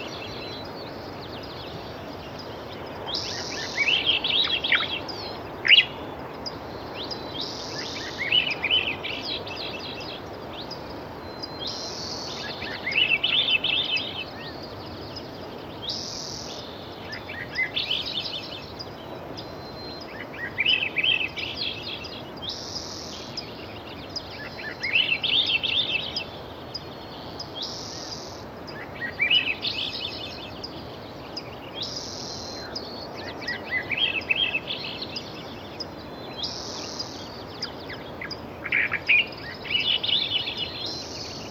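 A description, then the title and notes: A steady wash of surf fills the low and middle range throughout, an even hiss without distinct wave breaks. Over it a songbird repeats a bright, descending phrase about every four to five seconds, clear. Pacific Surf & Songbirds.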